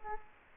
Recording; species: mosquito wingbeat signal from an infrared sensor; Culex quinquefasciatus